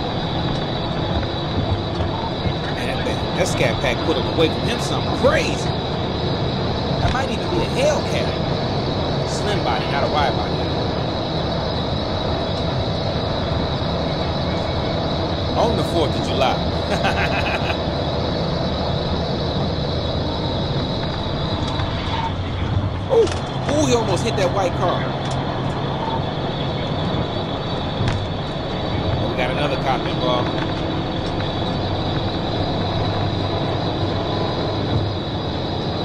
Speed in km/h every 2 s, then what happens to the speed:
204, 209, 214, 217, 221, 221, 221, 221, 221, 217, 180, 175, 182, 188, 193, 198, 200, 204.
0-17 speeds up to 221. 17-22 brakes to 175. 22-36 speeds up to 204.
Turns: none.